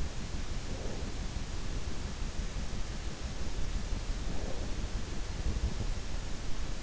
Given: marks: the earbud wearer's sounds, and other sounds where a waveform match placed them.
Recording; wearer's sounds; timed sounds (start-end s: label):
sounds in sleep by an in-ear microphone; breath
0.40-1.47 s: breath
4.02-5.74 s: breath